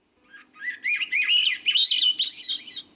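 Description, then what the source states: Swainson's thrush song, a rapid chain of whistled, reedy notes spiralling upward in pitch over about two and a half seconds. Full song, spiralling upward in pitch; reedy or flute-like.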